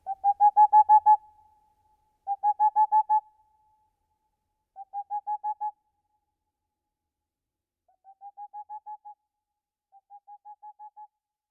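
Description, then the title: Boreal owl hoots in quick staccato runs, five series of soft, evenly spaced notes growing fainter toward the end. "Viikon luontoääni: Helmipöllö"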